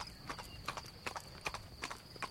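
horse hooves clip-clopping

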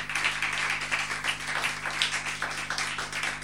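audience applause

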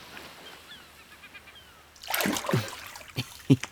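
sea waves splashing

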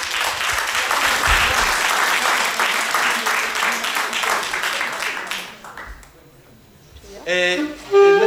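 audience applause

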